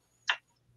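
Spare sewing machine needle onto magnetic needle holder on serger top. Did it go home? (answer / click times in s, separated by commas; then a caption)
yes / 0.3 s. A spare needle, removed from a Juki serger when switching from four-thread to three-thread, is released about half an inch above the strong storage magnet on top of the machine. The magnet pulls the small steel needle down onto its flat rest with a single sharp click at 0.3 s, and the needle stays held in place.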